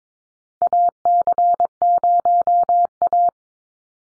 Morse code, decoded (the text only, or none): AC0A